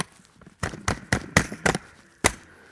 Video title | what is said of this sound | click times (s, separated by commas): Flying the URSA Mini with the DGSS Glidecam and Cowboy Studio Vest | there we go and that's locked into place now | 2.3 s